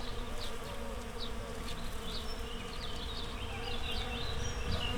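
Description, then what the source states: Bees buzzing in a dense, steady low drone throughout, with scattered bird chirps and whistles above. Bees in a flowering rapeseed field, Słoneczna 9, Siemianowice Śląskie, Poland; Saturday 18 May 2019; starlings in background; Zoom H5 with Audio-Technica BP4025.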